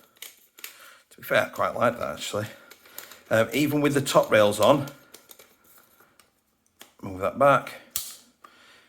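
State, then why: Not seated. Someone talks while sliding a rail-mounted tracer unit back along the accessory rail of a WE Galaxy G Series airsoft pistol, with light clicks and taps and a sharp tick near 8.0 s. The tracer will not go far enough back to click into the next rail slot, so it stays on the first one and nothing has clicked into place.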